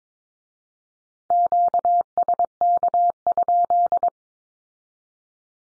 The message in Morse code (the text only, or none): QSK?